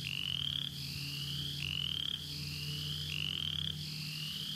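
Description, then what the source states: Upland chorus frog calls: short rising trills, each under a second, repeated in series over a steady low hum. In Florida found only along the Apalachicola River, exclusively in bottomland habitats; call resembles the southern chorus frog's but is much more rapid.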